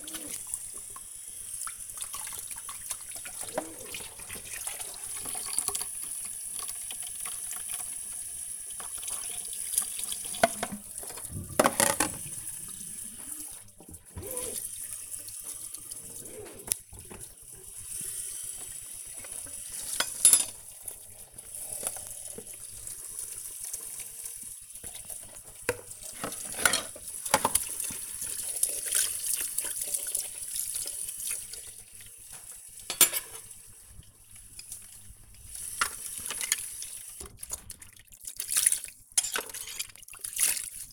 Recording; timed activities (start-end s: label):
household activities, microphone on the right wrist
0.00-40.92 s: washing dishes